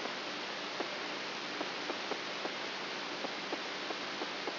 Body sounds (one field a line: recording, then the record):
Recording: brain microelectrode recording played as sound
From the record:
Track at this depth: outside the subthalamic nucleus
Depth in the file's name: 7.24 mm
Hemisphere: right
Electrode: 3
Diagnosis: Parkinson's disease